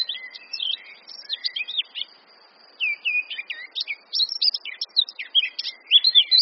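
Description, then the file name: Eurasian blackcap giving two bursts of song, each a quick run of scratchy notes and fluting whistles, with a short pause between them. "Sylvia atricapilla"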